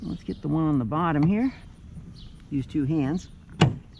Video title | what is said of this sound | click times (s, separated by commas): 2007 Sonata - July 4, 2023 - Replace Trunk Lift Supports | and it snaps right into place there you go nice | 3.6 s